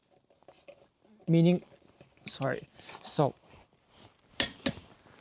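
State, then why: Torque reached. A click-type torque wrench set to 150 ft-lb tightens a lug nut on a truck wheel while someone talks. Two sharp, loud clicks ring out at 4.4 s and 4.7 s, showing that the wrench reached its setting and the nut is tightened properly.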